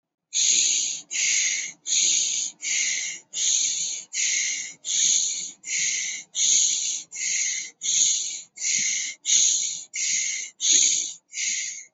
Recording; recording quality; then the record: shallow breathing; excellent, no background noise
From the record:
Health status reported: healthy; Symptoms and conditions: none ticked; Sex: male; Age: 19 years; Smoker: not ticked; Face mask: not worn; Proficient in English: yes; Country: India